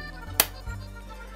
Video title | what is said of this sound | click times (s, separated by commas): How To Thread Up A Sewing Machine | and you need to hear the clicking sound | 0.4 s